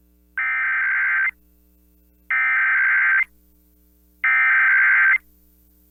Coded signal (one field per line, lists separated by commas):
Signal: Emergency Alert System (SAME) tones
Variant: header bursts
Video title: EAS Required Monthly Test South Dakota Statewide +WeatherSTAR4000 (KBRK Brookings, SD)